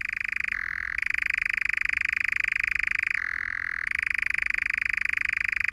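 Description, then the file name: European nightjar churring, a continuous mechanical trill that drops briefly in pitch twice before rising again, with no other clear sounds. Churring described as rising and falling and continuous; nocturnal bird; in Ireland the sound was likened to a spinning wheel, giving it the local Irish name meaning spinning wheel. "rteradio 1-mooney-nightjarsr"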